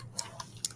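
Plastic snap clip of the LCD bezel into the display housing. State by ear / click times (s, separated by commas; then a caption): seated / 0.6 s. A plastic snap clip on the LCD bezel of a Dell 3120 laptop, left open, is pressed back into the display housing. Faint ticks come at 0.2 and 0.4 seconds, then a sharp, bright snap at 0.6 seconds as the clip seats.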